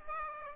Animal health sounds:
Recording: mosquito wingbeat signal from an infrared sensor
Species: Aedes aegypti

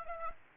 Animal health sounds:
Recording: mosquito wingbeat signal from an infrared sensor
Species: Aedes aegypti

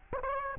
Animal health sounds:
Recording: mosquito wingbeat signal from an infrared sensor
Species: Aedes albopictus

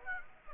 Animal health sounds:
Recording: mosquito wingbeat signal from an infrared sensor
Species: Aedes aegypti

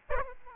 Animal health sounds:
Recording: mosquito wingbeat signal from an infrared sensor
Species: Aedes albopictus

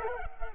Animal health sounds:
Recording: mosquito wingbeat signal from an infrared sensor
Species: Culex pipiens

